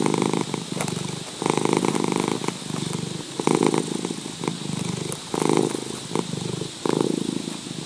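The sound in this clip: Cat purring: a steady, rumbling vibration that swells and eases with each breath, cycling roughly every one to two seconds.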